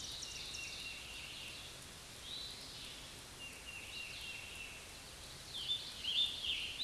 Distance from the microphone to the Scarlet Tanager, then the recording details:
about 45 m. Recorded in a Pennsylvania forest on 19 May 2023 at 09:17. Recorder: AudioMoth, point grid1_2_low. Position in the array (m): 139 m, 64 m